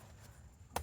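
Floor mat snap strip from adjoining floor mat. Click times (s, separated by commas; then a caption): 0.8 s. The plastic snap on the long middle strip of a JDM CR-V floor mat is pulled apart from the adjoining mat. After a quiet stretch with a faint low rumble, a single sharp snap is heard at 0.8 s as the strip unsnaps and releases.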